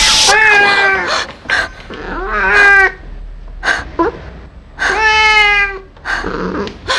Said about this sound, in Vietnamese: Một tiếng mèo kêu nhẹ nhàng khiến cô nhận thấy mình đã không dự đoán sai.